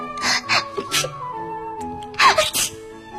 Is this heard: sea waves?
no